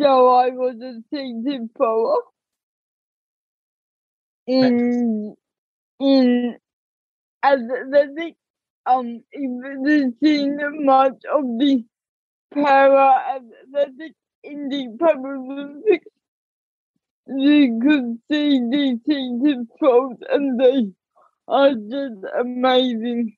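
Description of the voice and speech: Slow, halting speech with long pauses, nasal vowels and blurred consonants from a young adult woman: dysarthria from cerebral palsy, diagnosed at age two, which also affects her walking and fingers.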